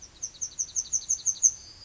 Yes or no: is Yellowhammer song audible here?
yes